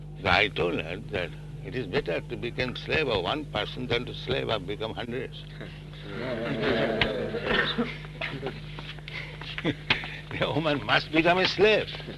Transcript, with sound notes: So I told her that it is better to become slave of one person than to slave of become hundreds. [laughter] The woman must become a slave.